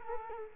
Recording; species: mosquito wingbeat signal from an infrared sensor; Culex quinquefasciatus